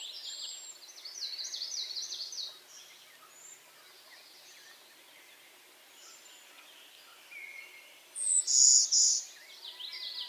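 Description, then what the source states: Warbler hybrid song: a loud, high, buzzy note group late, after a scratchy, jumbled warble and faint scattered chips. Hybrid Golden-winged x Blue-winged Warbler, Vermivora chrysoptera x cyanoptera.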